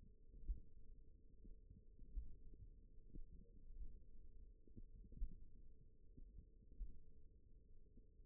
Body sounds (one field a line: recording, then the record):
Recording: forearm muscle sounds (acoustic myography)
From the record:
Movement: hook grip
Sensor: system 1, eight BSWA MPA416 microphones around the upper forearm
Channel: 4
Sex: female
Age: 20 years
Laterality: right